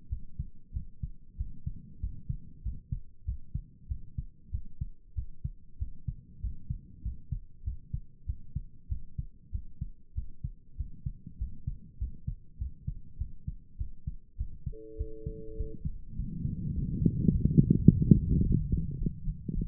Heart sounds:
heart sounds by stethoscope; 99 bpm
0.09 s: heartbeat
0.72 s: heartbeat
1.36 s: heartbeat
2.00 s: heartbeat
2.62 s: heartbeat
3.24 s: heartbeat
3.87 s: heartbeat
4.50 s: heartbeat
5.14 s: heartbeat
5.78 s: heartbeat
6.40 s: heartbeat
7.02 s: heartbeat
7.63 s: heartbeat
8.25 s: heartbeat
8.88 s: heartbeat
9.51 s: heartbeat
10.14 s: heartbeat
10.76 s: heartbeat
11.37 s: heartbeat
11.98 s: heartbeat
12.57 s: heartbeat
13.17 s: heartbeat
13.77 s: heartbeat
14.36 s: heartbeat
14.96 s: heartbeat
15.56 s: heartbeat
16.15 s: heartbeat
16.72 s: heartbeat
17.29 s: heartbeat
17.86 s: heartbeat
18.42 s: heartbeat
18.98 s: heartbeat
19.53 s: heartbeat
From the record:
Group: healthy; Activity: rest 0-16 s, breath hold 16-20 s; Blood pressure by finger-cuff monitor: 92/64 mmHg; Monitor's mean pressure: 73 mmHg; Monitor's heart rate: 97 bpm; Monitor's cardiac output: 7.7 L/min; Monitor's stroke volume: 79 mL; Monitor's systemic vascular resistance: 690 dyn s/cm5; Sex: male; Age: 19 years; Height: 178 cm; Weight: 83 kg

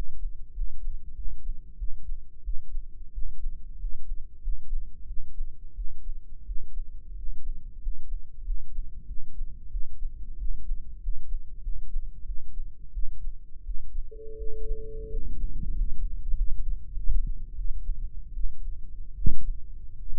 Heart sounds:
heart sounds by microphone in the right ear; 90 bpm
0.51 s: heartbeat
1.13 s: heartbeat
1.76 s: heartbeat
2.42 s: heartbeat
3.11 s: heartbeat
3.76 s: heartbeat
4.40 s: heartbeat
5.05 s: heartbeat
5.73 s: heartbeat
6.44 s: heartbeat
7.13 s: heartbeat
7.78 s: heartbeat
8.42 s: heartbeat
9.05 s: heartbeat
9.69 s: heartbeat
10.36 s: heartbeat
10.99 s: heartbeat
11.60 s: heartbeat
12.24 s: heartbeat
12.91 s: heartbeat
13.63 s: heartbeat
14.35 s: heartbeat
15.08 s: heartbeat
15.72 s: heartbeat
16.33 s: heartbeat
16.92 s: heartbeat
17.53 s: heartbeat
18.32 s: heartbeat
19.13 s: heartbeat
19.94 s: heartbeat
From the record:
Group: healthy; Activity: rest 0-14 s, Valsalva maneuver 14-20 s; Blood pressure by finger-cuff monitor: 121/87 mmHg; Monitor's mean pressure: 97 mmHg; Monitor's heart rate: 91 bpm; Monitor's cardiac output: 6.5 L/min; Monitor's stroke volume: 71 mL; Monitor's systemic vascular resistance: 1080 dyn s/cm5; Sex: male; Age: 21 years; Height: 180 cm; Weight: 67.5 kg

